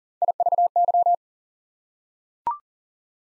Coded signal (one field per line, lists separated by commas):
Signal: Morse code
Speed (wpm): 40 wpm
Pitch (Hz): 700 Hz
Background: none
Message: IVY